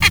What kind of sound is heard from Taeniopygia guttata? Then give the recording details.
tet call. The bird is a female. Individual fem5